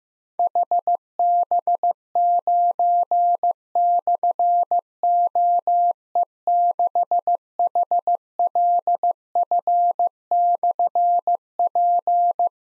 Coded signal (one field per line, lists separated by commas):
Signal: Morse code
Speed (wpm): 15 wpm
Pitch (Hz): 700 Hz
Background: none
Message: HB9/OE6HLF/P